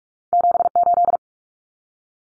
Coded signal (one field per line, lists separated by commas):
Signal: Morse code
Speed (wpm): 44 wpm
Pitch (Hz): 700 Hz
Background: none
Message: 78